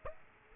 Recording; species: mosquito wingbeat signal from an infrared sensor; Aedes aegypti